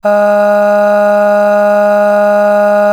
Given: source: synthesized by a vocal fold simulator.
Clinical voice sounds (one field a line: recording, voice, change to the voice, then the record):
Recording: sustained vowel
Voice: female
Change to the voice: aspiration noise (breathiness), level 6 of 10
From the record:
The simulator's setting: 1.12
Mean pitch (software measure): 206 Hz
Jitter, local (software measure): 0.39%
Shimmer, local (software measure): 4.3%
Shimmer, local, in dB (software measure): 0.38 dB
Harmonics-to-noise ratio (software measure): 21.9 dB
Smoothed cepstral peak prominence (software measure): 15.0 dB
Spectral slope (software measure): -21.8 dB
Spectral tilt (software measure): -7.6 dB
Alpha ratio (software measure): -12.2 dB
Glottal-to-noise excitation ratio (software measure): 0.905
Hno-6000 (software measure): 2.1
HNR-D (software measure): 39.6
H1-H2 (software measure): 9.5 dB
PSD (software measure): 2.7e-05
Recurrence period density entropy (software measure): 0.117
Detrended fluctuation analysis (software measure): 0.0274